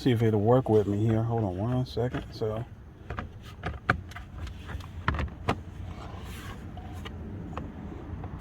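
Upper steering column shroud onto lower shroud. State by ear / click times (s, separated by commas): seated / 3.9 s, 5.1 s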